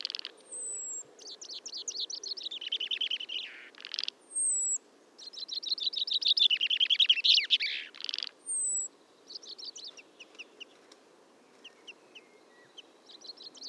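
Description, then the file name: Common chaffinch giving two loud song phrases, each a fast cascade of ringing notes ending in a buzzy flourish, with high thin whistles between them. Quieter fragments follow. "Fringilla coelebs"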